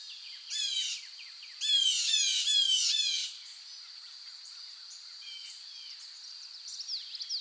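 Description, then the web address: Birds singing in loud bursts of rapid, sweeping high notes, with a longer run early on, then quieter chirps, over a steady high drone. Forest, morning. "sound-effects-bible Forest Morning Birds"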